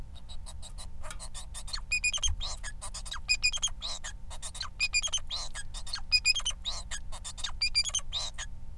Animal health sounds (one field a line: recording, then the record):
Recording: song of a male Bengalese finch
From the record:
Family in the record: son of father 4